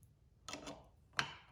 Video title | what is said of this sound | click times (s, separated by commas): RadRover 6 Plus Assembly Tutorial - Tips and Initial Review | Okay, you heard that click. Now we just tighten it up. | 1.2 s